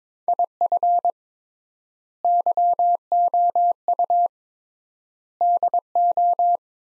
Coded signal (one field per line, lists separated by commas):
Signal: Morse code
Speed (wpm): 22 wpm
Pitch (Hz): 700 Hz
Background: none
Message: IF YOU DO